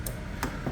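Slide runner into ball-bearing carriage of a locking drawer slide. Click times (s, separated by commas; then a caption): 0.1 s, 0.4 s. The inner runner of a 125 kg heavy-duty locking drawer slide for a fridge slide is lined up with the ball-bearing carriage and pushed back in. Two short metallic ticks are heard at 0.1 s and 0.4 s, with a faint low rumble between them. The runner clicks into the carriage and is seated.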